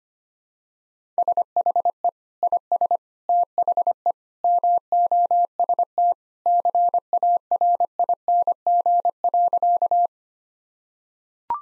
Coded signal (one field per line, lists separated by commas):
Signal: Morse code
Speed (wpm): 25 wpm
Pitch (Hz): 700 Hz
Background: none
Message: SHE IS THE MOST CARING.